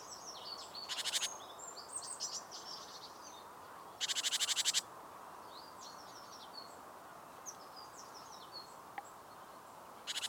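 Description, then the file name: Great tit scolding churr: three dry pulsed rattles, the middle one longest, among scattered high twittering notes and steady background noise. "Parus major"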